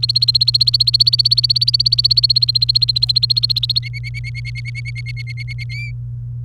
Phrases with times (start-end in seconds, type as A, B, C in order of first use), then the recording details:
0.00-3.79 A, 3.83-5.64 B, 5.69-5.91 C. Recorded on 28 April 2018 at 08:01. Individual llb3